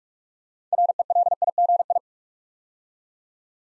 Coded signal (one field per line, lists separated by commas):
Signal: Morse code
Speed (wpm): 44 wpm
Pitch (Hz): 700 Hz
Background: none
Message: RELIGI